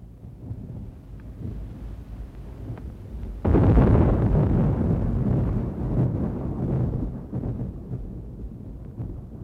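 thunder

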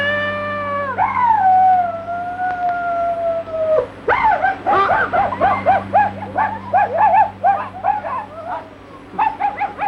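wolf howling

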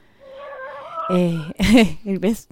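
hen clucking

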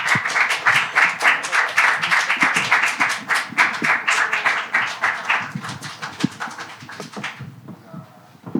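audience applause

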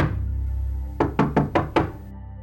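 knocking on a door

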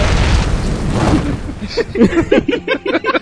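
explosion sound effect

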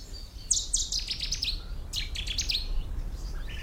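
cetti's warbler song

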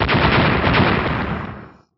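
explosion sound effect

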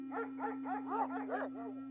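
dog growling

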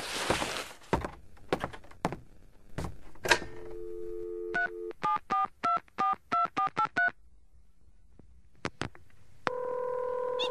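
telephone number being dialed

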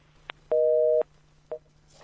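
telephone line tone

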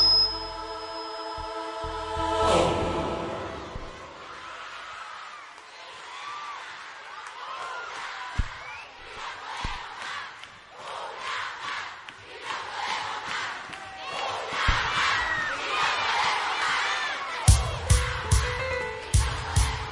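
audience applause and cheering

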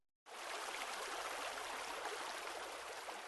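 flowing stream water

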